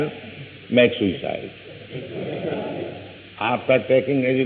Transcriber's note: laughter